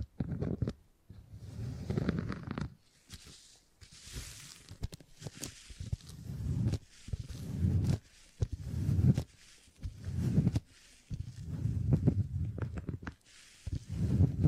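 Soft, sticky squishing and kneading of beeswax comes in low, dense bursts every second or two, with crackly bright clicks and short quiet pauses.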